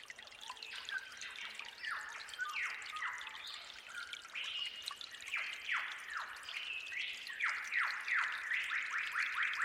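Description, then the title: Bird whistling falling notes that speed up into a dense, rapid series near the close, accompanied by the patter of dripping, flowing water. Forest birds singing at dawn with babbling, trickling water. "Suara Gemercik Air Dan Kicau Burung Hutan Di Saat Fajar"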